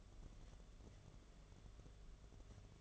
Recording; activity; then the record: daily activity, microphone in the room; take from stove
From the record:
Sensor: 4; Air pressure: 1011.1 hPa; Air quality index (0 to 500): 141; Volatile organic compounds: 3 ppm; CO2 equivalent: 1441 ppm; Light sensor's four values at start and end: 210/548/231/242 and 197/514/217/227